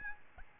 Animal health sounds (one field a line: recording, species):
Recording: mosquito wingbeat signal from an infrared sensor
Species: Aedes albopictus